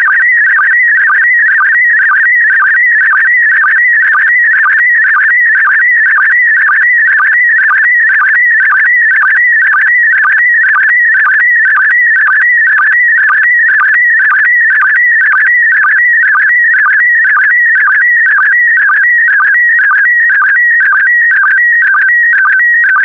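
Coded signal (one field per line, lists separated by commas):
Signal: SSTV (slow-scan television)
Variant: PD120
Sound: continuous warbling tone jumping around mid pitches with steady rhythmic low blips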